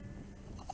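A small camp stove, apparently with its windshield, is pressed into a titanium cargo cup so the kit nests together. Low, steady background noise runs until a single short, sharp hit at 0.7 s as the stove pops into place and seats in the cup.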